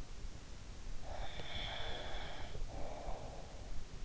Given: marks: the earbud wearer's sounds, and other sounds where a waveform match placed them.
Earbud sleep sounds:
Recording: sounds in sleep by an in-ear microphone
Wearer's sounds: breath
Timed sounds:
1.01-3.68 s: breath

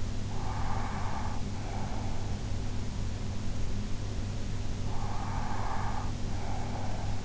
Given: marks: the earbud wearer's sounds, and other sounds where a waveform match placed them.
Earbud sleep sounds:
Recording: sounds in sleep by an in-ear microphone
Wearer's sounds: breath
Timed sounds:
0.17-2.34 s: breath
4.92-7.25 s: breath

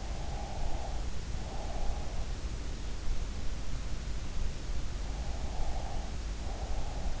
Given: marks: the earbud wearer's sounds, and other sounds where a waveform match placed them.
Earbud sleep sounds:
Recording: sounds in sleep by an in-ear microphone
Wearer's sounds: breath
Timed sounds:
0.19-2.06 s: breath
5.29-7.20 s: breath

